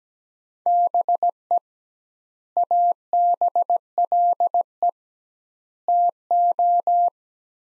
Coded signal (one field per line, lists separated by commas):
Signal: Morse code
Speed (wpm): 17 wpm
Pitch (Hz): 700 Hz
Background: none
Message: BE ABLE TO